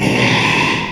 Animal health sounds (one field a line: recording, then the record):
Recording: squeal of a Yucatan mini pig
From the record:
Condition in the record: after surgery on the right vocal fold (resection and tissue-engineered implant)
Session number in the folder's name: 1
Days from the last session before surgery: 6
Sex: male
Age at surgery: 12 weeks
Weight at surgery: 13 kg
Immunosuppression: cyclosporine, prednisolone